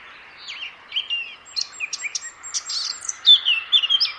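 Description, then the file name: Eurasian blackcap singing a hurried mix of chattering notes and clear whistled slurs that rise in strength toward the finish. "Sylvia atricapilla"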